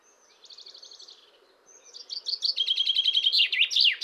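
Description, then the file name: Common chaffinch song: a soft opening trill, a short pause, then a louder run of repeated notes ending in a quick flourish. "Fringilla coelebs"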